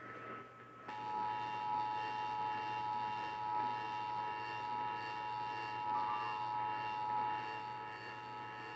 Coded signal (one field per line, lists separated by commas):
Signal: Emergency Alert System (SAME) tones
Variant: 853 and 960 Hz attention tone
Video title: North Texan Storms and Hiccups... | EAS #2245-2251 (Severe Weather Alerts from 2/21/2022)